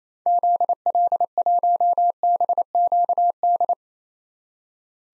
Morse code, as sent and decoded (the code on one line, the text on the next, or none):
--.. .-.. .---- -... --.- -..
ZL1BQD